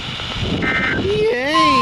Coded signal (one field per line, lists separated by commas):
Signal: Emergency Alert System (SAME) tones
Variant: end-of-message bursts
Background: speech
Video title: The Sangamon Chronicles | EAS Alerts From 6/10-11/2026 (EAS #3,383- 3,456)